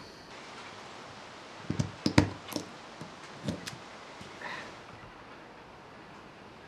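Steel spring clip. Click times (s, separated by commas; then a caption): 2.2 s. A steel circlip is pressed, on a second attempt, into its groove on the axle half shaft of a Series 1 Land Rover. A cluster of sharp metallic clicks and knocks sounds between about 1.8 and 3.7 seconds, with the loudest snap at 2.2 s as the circlip seats in the groove.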